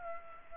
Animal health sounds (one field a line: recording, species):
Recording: mosquito wingbeat signal from an infrared sensor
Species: Culex pipiens